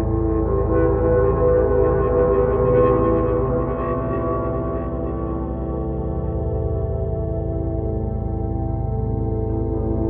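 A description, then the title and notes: A sustained drone with layered, ringing low tones like a gong or singing bowl, steady throughout with a slight dip midway. Spacious Drone.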